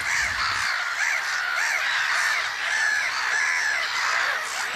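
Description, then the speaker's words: Black-headed gull calls: harsh, overlapping cries repeated continuously, as from many birds calling together, with a steady noisy background. "Now, that's the sound of the black-headed gull."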